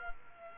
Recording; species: mosquito wingbeat signal from an infrared sensor; Culex quinquefasciatus